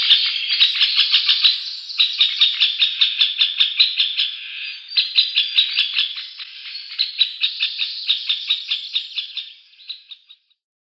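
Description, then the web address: Middle Spotted Woodpecker giving long runs of harsh, nasal squawks in quick succession, with short pauses between bursts before fading out. "Schulze Peter Middle Spotted Woodpecker calls"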